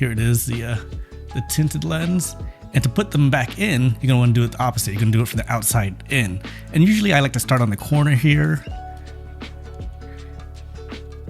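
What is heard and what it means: A replacement plastic prescription lens is fitted into the right eye of Ray-Ban Meta smart sunglasses from the outside in, with one corner of the lens positioned in the frame rim before it is pushed through. Someone talks over background music, and the lens has not yet seated or clicked into place.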